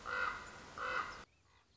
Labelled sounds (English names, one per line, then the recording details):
Common Raven
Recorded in Sonoma County, California